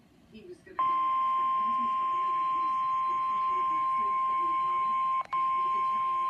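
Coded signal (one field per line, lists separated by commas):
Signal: Emergency Alert System (SAME) tones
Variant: 1050 Hz attention tone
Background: speech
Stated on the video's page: Received on a NOAA weather radio transmitter at home.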